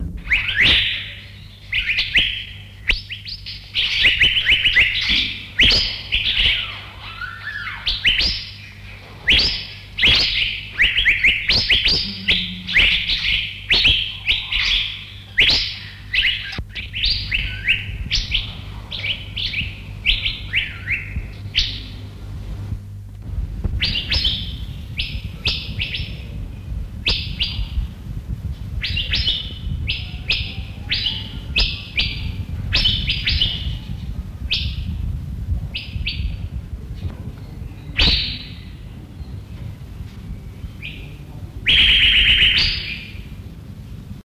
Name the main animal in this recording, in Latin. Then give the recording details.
Irena puella. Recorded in captivity. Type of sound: song, call. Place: Zoo Berlin, Berlin, DE. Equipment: Halbspur, 9,5 cm/s. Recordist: Lütgens, Hans. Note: Gesang, Rufe